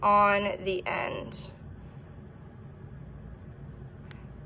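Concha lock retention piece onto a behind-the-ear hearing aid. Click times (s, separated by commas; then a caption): 4.1 s. Someone talks, then angles a plastic concha lock retention piece onto the end of a Signia AX behind-the-ear hearing aid and pushes it home with a finger. A single sharp snap is heard at 4.1 s, and the concha lock is seated.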